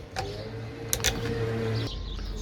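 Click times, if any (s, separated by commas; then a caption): 0.9 s. On a motorhome bike rack, the ratchet strap that holds the wheel is opened with its release and then closed, clipping shut by itself. A faint tick comes at 0.2 s, then a sharp plastic click at 0.9 s as the wheel strap clip seats, over a steady low hum.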